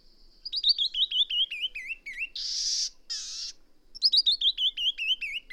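Bird song: a rapid descending series of bright whistled notes, then two harsh buzzy bursts, then the descending whistled series again.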